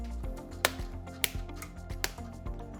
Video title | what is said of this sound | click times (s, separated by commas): Vertical Sheer Shade Installation - Sun Glow | Once all those four pegs are clicked in, we take the whole panel and click it in | 0.6 s, 1.2 s, 2.0 s